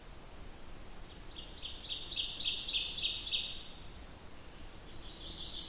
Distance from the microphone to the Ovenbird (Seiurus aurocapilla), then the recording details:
about 35 m. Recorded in boreal forest in Alberta, Canada, on 28 June 2016 at 08:32. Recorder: SongMeter 3, array SBT-6-79. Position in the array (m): 36 m, 127 m. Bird 40